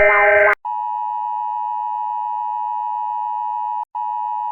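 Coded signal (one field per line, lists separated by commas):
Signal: Emergency Alert System (SAME) tones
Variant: 853 and 960 Hz attention tone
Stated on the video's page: Comparison of emergency warning alarms from around the world, including the U.S. EAS tone.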